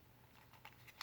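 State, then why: Not seated. A compass is pressed toward the kydex mount on a custom sheath for a Benchmade Bushcrafter 162 knife, but it has not snapped in and nothing has seated or clicked yet. Faint handling and brief rubbing sounds are heard, with short sharp ticks near 0.7 s and 1.0 s in an otherwise quiet clip.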